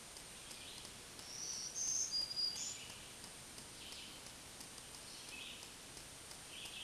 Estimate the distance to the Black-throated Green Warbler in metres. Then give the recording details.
about 15 m. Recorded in a Pennsylvania forest on 1 June 2023 at 08:58. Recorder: AudioMoth, point grid3_34_high. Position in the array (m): 215 m, 135 m